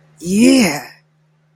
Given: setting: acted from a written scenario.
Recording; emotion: vocal sound without words; triumph